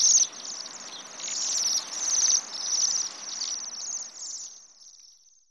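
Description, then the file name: Bohemian waxwings calling in high, buzzy trills, several birds overlapping, with the chorus fading away at the end. "Sidensvans"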